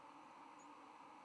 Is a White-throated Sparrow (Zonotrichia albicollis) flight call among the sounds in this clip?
no